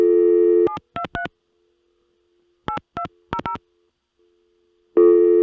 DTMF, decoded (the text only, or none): 723 8200